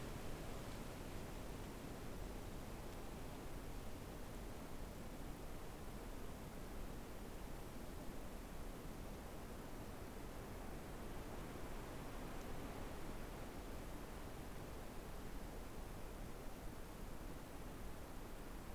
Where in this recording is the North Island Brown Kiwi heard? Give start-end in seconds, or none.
none